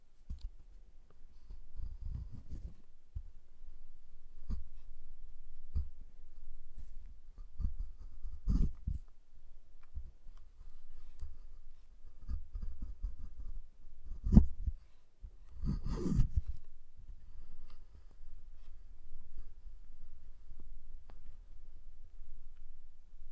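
Tapping and handling of a giant chocolate bar: irregular soft knocks and crackles, with sharper snapping bursts near 8, 14 and 16 seconds.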